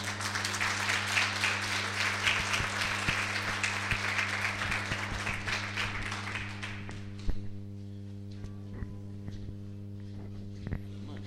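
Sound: audience applause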